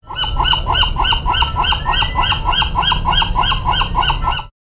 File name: Western Gull Golden Gate National Recreation Area